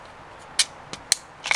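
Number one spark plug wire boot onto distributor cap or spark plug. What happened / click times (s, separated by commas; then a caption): The ignition wire boot snapped onto its terminal / 1.1 s. The number one ignition lead boot is pushed onto its terminal, either the distributor cap or the spark plug, on the 1FZ-FE engine of a Toyota Land Cruiser 80 Series being repaired for a rough-running misfire. A sharp broadband hit at 0.6 s is followed by a faint tick near 0.9 s, the loudest, crisp snap at 1.1 s and a rustling burst around 1.5 s. The boot snaps into place and is seated at 1.1 s.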